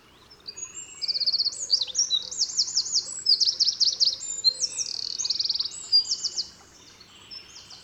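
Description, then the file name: Eurasian wren delivering a vigorous high song of rapid rattling trills and piercing notes for about six seconds, then quiet at the end. "Troglodytes troglodytes"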